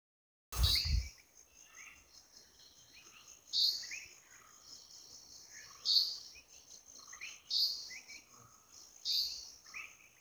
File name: Grey-headed Bulbul (Brachypodius priocephalus) from Thirunelly, Kerala